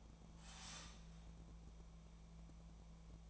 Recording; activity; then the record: daily activity, microphone in the room; start toaster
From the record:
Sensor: 1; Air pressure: 1000.3 hPa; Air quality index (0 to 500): 154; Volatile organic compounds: 3 ppm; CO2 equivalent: 1439 ppm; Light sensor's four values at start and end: 30/74/31/37 and 29/74/31/37